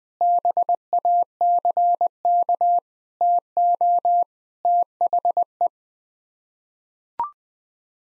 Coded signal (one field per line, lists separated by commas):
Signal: Morse code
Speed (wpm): 21 wpm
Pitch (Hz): 700 Hz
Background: none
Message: BACK TO THE